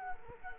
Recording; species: mosquito wingbeat signal from an infrared sensor; Culex quinquefasciatus